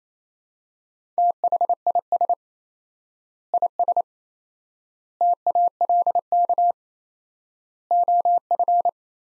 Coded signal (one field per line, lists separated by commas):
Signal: Morse code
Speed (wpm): 28 wpm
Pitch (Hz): 700 Hz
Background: none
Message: THIS IS TALK OF